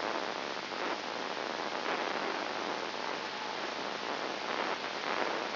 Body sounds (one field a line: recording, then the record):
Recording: brain microelectrode recording played as sound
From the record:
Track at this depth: inside the subthalamic nucleus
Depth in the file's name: 5.5 mm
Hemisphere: left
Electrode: 2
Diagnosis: Parkinson's disease